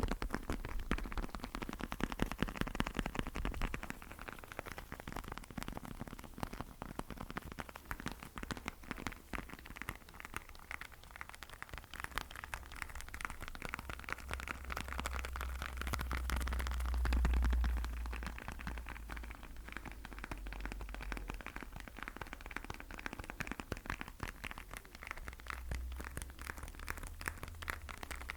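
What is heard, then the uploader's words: Sticky tapping goes on as a dense, steady patter of small clicks and crackles, over a low rumble that swells around seventeen seconds. ASMR Sticky Tapping.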